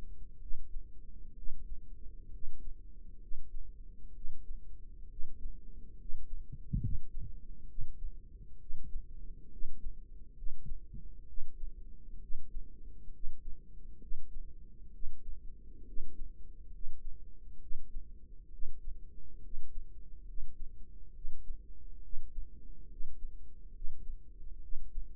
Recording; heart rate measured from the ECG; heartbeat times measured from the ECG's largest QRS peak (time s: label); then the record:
heart sounds by microphone in the right ear; 67 bpm
0.40 s: heartbeat
1.36 s: heartbeat
2.32 s: heartbeat
3.20 s: heartbeat
4.14 s: heartbeat
5.09 s: heartbeat
5.98 s: heartbeat
6.81 s: heartbeat
7.68 s: heartbeat
8.59 s: heartbeat
9.51 s: heartbeat
10.36 s: heartbeat
11.27 s: heartbeat
12.21 s: heartbeat
13.13 s: heartbeat
14.00 s: heartbeat
14.92 s: heartbeat
15.86 s: heartbeat
16.72 s: heartbeat
17.60 s: heartbeat
18.51 s: heartbeat
19.43 s: heartbeat
20.26 s: heartbeat
21.14 s: heartbeat
22.02 s: heartbeat
22.90 s: heartbeat
23.74 s: heartbeat
24.61 s: heartbeat
From the record:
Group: healthy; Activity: rest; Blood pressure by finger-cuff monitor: 140/94 mmHg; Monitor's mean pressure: 106 mmHg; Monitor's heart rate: 66 bpm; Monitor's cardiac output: 6.9 L/min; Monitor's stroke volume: 105 mL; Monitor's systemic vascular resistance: 1160 dyn s/cm5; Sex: male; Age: 30 years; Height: 188 cm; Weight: 110.2 kg